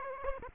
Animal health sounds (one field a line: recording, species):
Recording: mosquito wingbeat signal from an infrared sensor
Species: Aedes aegypti